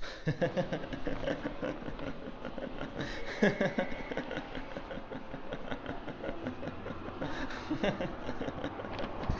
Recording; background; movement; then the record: laughter; traffic; walking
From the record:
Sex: male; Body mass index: 22.0 kg/m2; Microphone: on the chest, facing outward